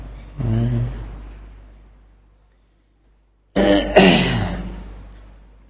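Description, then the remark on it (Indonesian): A motorcycle alarm sounds in two loud electronic bursts, a short one followed by a longer stretch of warbling, sweeping tones after a brief pause, going off during an Islamic hadith study lecture, with no one talking. “Kayak ada yang main mobil-mobilan apa gitu. Hah? Alarm motor.”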